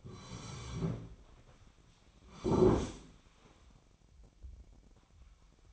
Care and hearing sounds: daily activity, microphone in the room; sit down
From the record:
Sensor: 1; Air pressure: 1009.4 hPa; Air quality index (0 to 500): 181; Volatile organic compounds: 3 ppm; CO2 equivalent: 1530 ppm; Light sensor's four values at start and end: 46/121/51/61 and 45/121/50/60

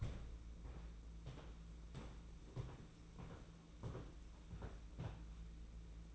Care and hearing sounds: daily activity, microphone in the room; walk to room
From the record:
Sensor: 1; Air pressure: 992.0 hPa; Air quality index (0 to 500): 216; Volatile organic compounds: 1000 ppm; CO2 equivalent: 8400 ppm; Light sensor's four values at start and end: 22/77/30/30 and 22/75/29/29

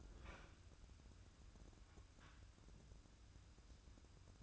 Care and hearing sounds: daily activity, microphone in the room; open fridge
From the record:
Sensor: 2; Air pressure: 994.3 hPa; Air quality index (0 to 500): 212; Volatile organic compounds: 1000 ppm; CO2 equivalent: 7028 ppm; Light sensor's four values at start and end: 140/335/142/148 and 145/348/148/154

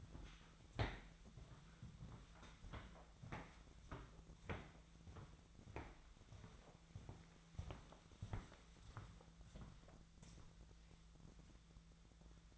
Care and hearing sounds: daily activity, microphone in the room; walk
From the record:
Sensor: 3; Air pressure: 1008.4 hPa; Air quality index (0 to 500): 191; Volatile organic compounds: 14 ppm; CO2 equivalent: 2452 ppm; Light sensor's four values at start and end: 16/38/17/17 and 19/46/20/20

